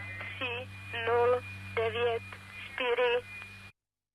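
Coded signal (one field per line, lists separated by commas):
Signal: numbers station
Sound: four short, evenly spaced, robotic-sounding spoken words over a faint steady tone and hum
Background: mains hum, steady tone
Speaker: that is an example of a number station broadcast and those you admit they it's kind of weird sounding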